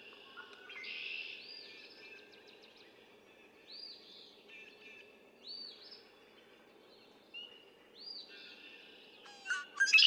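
Red-winged blackbird: a buzzy burst, then several short arched whistled notes over a steady low hum, ending in a loud rough burst.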